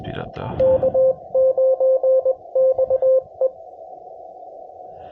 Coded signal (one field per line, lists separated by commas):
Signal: Morse code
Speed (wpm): 23 wpm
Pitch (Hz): 530 Hz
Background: speech, radio noise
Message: K9XE